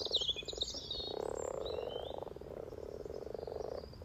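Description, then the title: Frog chorus, a continuous pulsed purring croak, with a bird twittering at the start and fainter calls later. Chorus of about 20 frogs in sunny garden pond, some floating, some on fresh spawn, welcoming arriving females; Freshfield, Formby, Merseyside, UK; sunny St Patrick's day lunchtime, 17 March 2023, spring. "Frog Chorus Spring sounds first Lunch outside St Patrick’s day 17 March 2023 . Freshfield, Formby"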